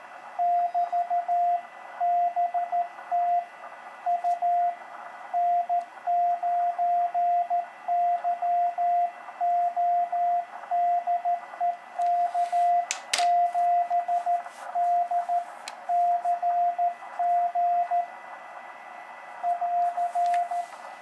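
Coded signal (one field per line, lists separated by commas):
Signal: Morse code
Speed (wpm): 14 wpm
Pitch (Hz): 700 Hz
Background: radio noise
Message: <BT> BT U N9YO DE K7DCG <AR>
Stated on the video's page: Portable contact keyed with a Begali Traveler CW paddle, running 100 W from a Bioenno battery.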